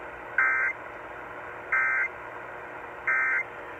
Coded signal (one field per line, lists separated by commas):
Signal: Emergency Alert System (SAME) tones